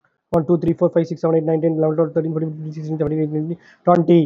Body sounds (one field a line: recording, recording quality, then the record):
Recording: counting at a fast pace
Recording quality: excellent, no background noise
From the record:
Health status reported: healthy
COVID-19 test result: not tested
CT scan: not taken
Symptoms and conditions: cough, cold, fever, muscle pain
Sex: male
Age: 34 years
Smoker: no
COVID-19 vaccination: both doses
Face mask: not worn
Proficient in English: yes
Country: India